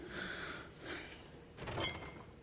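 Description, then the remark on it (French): A girl pulls a refrigerator door open to take out a toothbrush and toothpaste: a soft unsealing thump followed by faint rattles and a brief clatter, all fairly quiet with no voices. “La fille ouvre le frigo, en sort une brosse à dents et du dentifrice.”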